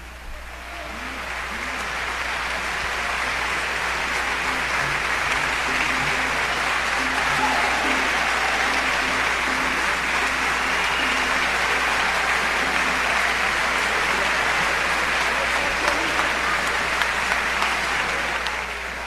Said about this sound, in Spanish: Y bueno, escuchemos la ovación.